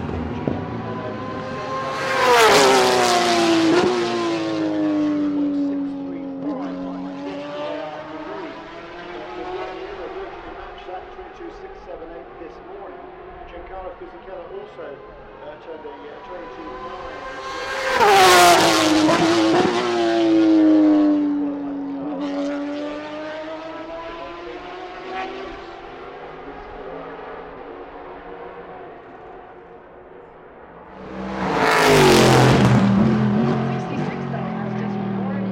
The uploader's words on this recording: The Sounds of IMSA GTLM at Laguna Seca. It's a short ambient sound feature with IMSA's incredible GT Le Mans class during qualifying at WeatherTech Raceway Laguna Seca and the amazing sounds produced by BMW M8s, Corvette C7.Rs, Ford GTs, a Ferrari 488 GTE, and Porsche 911 RSRs.